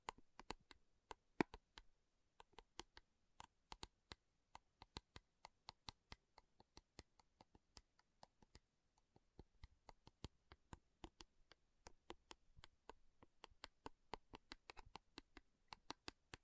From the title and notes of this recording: ASMR Sleepy Slow Tapping Metal Sounds (No Talking).